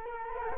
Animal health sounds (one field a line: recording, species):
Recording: mosquito wingbeat signal from an infrared sensor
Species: Culex quinquefasciatus